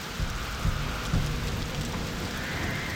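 Steady, dense rain hisses throughout at midnight, with a few brief low rumbles of thunder rolling beneath it in the first half.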